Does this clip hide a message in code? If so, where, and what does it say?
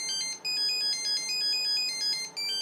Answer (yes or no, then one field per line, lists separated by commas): no